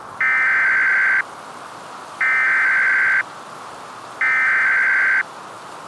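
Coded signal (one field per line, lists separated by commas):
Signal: Emergency Alert System (SAME) tones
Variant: header bursts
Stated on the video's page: Fictional EAS scenario using valid SAME tones, a simulation rather than a real alert.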